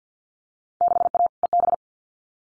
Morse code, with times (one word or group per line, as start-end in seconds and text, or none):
0.8-1.3 6A
1.4-1.7 EB